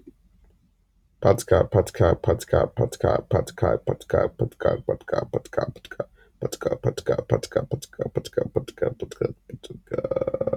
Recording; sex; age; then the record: repeated syllables /pa ta ka/; male; 20 to 29 years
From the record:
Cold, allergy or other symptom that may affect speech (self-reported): no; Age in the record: 21 years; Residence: Massachusetts, United States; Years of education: 16